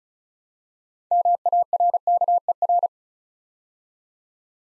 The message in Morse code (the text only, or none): MARKER